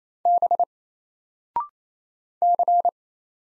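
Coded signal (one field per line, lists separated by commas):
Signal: Morse code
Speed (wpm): 27 wpm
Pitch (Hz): 700 Hz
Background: none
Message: B C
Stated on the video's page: Single Morse letters at 28 wpm, each sent, then spoken after a 0.6-second pause, then sent again; character recognition drill.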